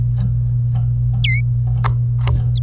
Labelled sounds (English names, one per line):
Domestic Canary song